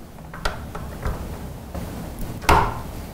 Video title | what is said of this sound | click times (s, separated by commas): How to Set Up Quilt Motion on Your Quilting Frame | there you go and you heard it click it was designed to do the click so it | 2.5 s